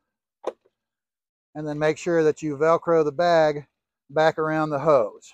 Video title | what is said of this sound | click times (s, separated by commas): Pool School Video with Keith Zars Pools | let the bag snap into place | 0.5 s